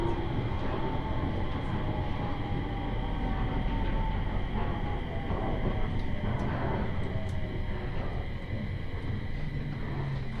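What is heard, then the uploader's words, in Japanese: A Tohoku Main Line train runs downbound from Kitakami toward Morioka, its steady low rumble filling the whole ten seconds without a break. Faint squealing tones drift over the rolling noise, with light clicks and ticks scattered through the middle and latter part. 東北本線下り 北上→盛岡。701系4両編成。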